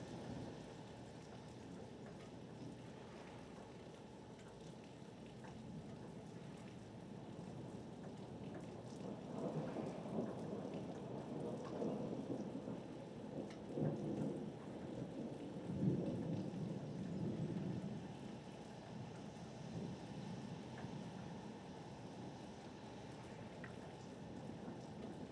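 A thunderstorm on Martha's Vineyard, with a steady hiss of rain throughout. Low, rolling rumbles of thunder build from around ten seconds and swell loudest near sixteen seconds before easing back. Waves may be mixed into the constant wash underneath.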